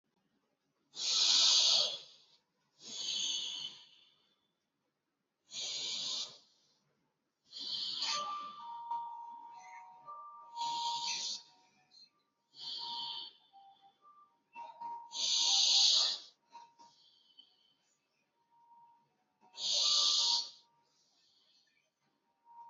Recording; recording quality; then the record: deep breathing; excellent, no background noise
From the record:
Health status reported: healthy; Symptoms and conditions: hypertension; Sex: male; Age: 48 years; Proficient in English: yes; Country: India